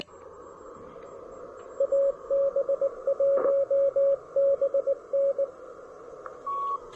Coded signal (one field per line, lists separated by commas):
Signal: Morse code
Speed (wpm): 20 wpm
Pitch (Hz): 560 Hz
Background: radio noise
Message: AB1BN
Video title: Breaking in my New-To-Me Elecraft KX1 during a POTA activation!